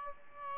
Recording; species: mosquito wingbeat signal from an infrared sensor; Aedes albopictus